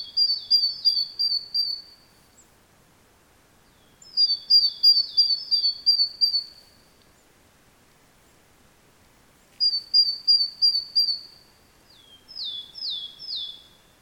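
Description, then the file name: Great tit calls, bursts of rapid high downslurred notes repeated in three runs a few seconds apart, ending with a lower swooping series; quiet background otherwise. "Parus major"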